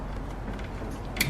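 A plastic retaining clip on a BMW 3 Series is squeezed together and pushed back into its engine bay mount during reassembly after a starter replacement. Over a steady low background rumble, one sharp click sounds at 1.2 s. The clip is seated back in place.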